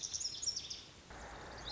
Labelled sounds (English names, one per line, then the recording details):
Lazuli Bunting
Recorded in Sonoma County, California